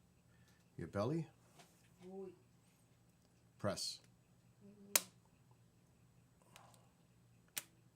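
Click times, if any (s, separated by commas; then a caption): 7.6 s. Someone talks while pressing a plastic injector pen against the skin of the belly; a loud click sounds at about 5.0 s as the press starts. A second, sharper click at 7.6 s signals that the dose is done and the injection is complete.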